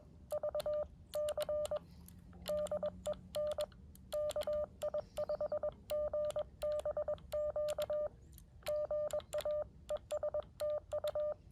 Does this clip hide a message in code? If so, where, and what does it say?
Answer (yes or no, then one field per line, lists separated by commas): yes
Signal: Morse code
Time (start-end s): 0.3-11.3 s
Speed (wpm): 21 wpm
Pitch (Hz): 600 Hz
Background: none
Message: VC DE N KI5GBQ GA ES TU